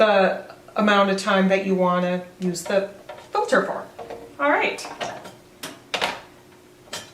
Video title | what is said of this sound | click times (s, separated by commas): Breville Barista Express Deep Cleaning Tutorial | and there you have it just snaps into place | 5.9 s